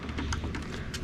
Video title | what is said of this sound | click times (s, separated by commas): SHOW & TRAIL : Episode 1 - Brightest Fog Lights Evvaaa! Diode Dynamics SS3 PRO | there we go clipped into place | 0.3 s